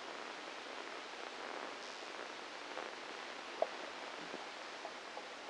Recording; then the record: brain microelectrode recording played as sound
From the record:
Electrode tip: inside the subthalamic nucleus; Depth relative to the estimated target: -1 mm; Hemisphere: left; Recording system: NeuroSet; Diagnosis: Parkinson's disease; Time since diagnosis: 9 years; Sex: female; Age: 51 years